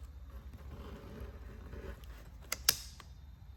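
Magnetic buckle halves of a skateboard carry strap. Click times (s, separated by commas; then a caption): 2.5 s, 2.7 s. The two halves of a magnetic strap buckle on a Backfire electric skateboard travel strap are brought close together against a quiet low background rumble. They snap together with two sharp clicks at 2.5 and 2.7 seconds, the second louder. The buckle locks shut.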